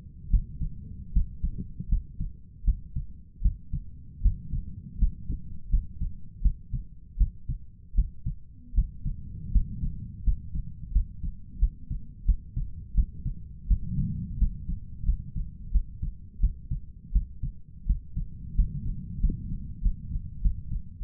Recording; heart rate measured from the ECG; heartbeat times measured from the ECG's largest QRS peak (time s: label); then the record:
heart sounds by stethoscope; 84 bpm
0.30 s: heartbeat
1.13 s: heartbeat
1.89 s: heartbeat
2.65 s: heartbeat
3.42 s: heartbeat
4.22 s: heartbeat
4.99 s: heartbeat
5.70 s: heartbeat
6.42 s: heartbeat
7.18 s: heartbeat
7.95 s: heartbeat
8.75 s: heartbeat
9.52 s: heartbeat
10.24 s: heartbeat
10.92 s: heartbeat
11.59 s: heartbeat
12.26 s: heartbeat
12.95 s: heartbeat
13.68 s: heartbeat
14.38 s: heartbeat
15.05 s: heartbeat
15.72 s: heartbeat
16.40 s: heartbeat
17.13 s: heartbeat
17.86 s: heartbeat
18.55 s: heartbeat
19.20 s: heartbeat
19.82 s: heartbeat
20.42 s: heartbeat
21.01 s: heartbeat
From the record:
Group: healthy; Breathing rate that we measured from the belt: 13 breaths a minute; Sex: male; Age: 23 years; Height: 179 cm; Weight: 87 kg